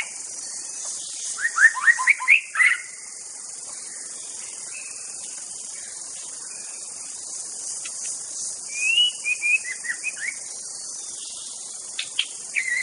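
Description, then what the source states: White-rumped shama song in short bursts of quick rising whistles and chips, with long quiet stretches of hiss between. Wild bird recorded in its native forest.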